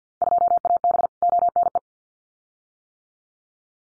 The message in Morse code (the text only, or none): 2AB ONE